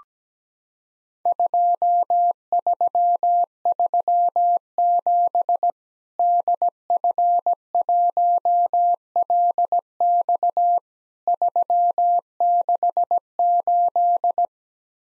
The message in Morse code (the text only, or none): 2337 DF1LX 368